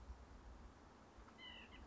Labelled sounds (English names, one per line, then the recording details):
White-breasted Nuthatch
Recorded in Sonoma County, California